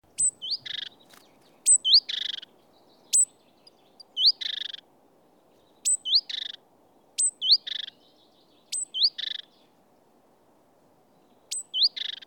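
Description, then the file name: Great tit giving repeated calls, each a high thin note and a curling whistle followed by a harsh buzzy burst, in quick clusters with short pauses between. "Parus major"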